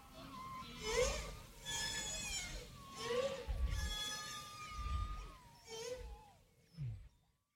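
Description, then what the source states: Whale song: a series of sweeping moans and whoops with low rumbles, fading out at the end. Whale greetings presented after the UN greetings.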